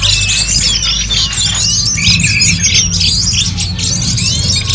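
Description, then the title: Bird chirps and squeaky whistles crowd together in a busy chorus over a low steady hum. "SuaraBurung Kicau"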